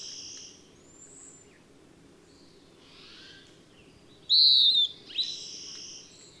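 Bird song with scattered soft chirps and whistles, then a loud, pure falling whistle near the end followed by a short sharp note.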